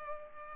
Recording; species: mosquito wingbeat signal from an infrared sensor; Culex pipiens